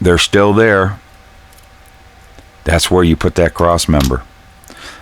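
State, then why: Seated. A resin 2WD crossmember with upper control arms is pressed into the plastic frame of a 1:25 scale model truck. Someone talks, then after a quiet pause a small snap is heard at 4.7 s as the part seats, fitting right into place.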